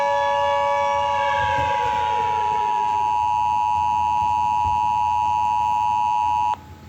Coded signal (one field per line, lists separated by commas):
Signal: Emergency Alert System (SAME) tones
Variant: 853 and 960 Hz attention tone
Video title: Emergency Alert System ( Micah 2:10 )